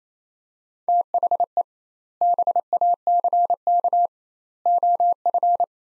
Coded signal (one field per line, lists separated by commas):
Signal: Morse code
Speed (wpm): 28 wpm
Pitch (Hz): 700 Hz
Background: none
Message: THE BACK OF